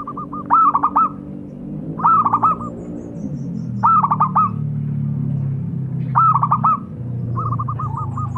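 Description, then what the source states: Zebra dove giving trilled, stuttering coos in bursts about every two seconds, over a steady low hum. Lure calls, cooing vigorously.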